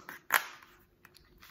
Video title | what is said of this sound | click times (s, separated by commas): HOW TO: Set Up Your Nextbelt | Belt goes in here. You're gonna hear the click, click, clicks. | 0.1 s, 0.4 s, 1.1 s, 1.2 s, 1.4 s